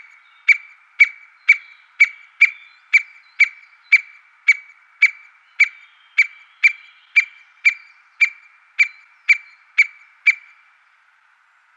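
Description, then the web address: White-backed woodpecker giving sharp, abrupt single call notes, repeated roughly every half second in a steady series. "Schulze Peter White-backed Woodpecker calls"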